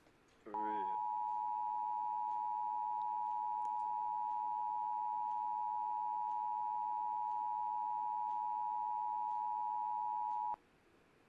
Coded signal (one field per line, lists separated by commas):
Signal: Emergency Alert System (SAME) tones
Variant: 853 and 960 Hz attention tone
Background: speech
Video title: Reacting To EAS Scenario #3: Error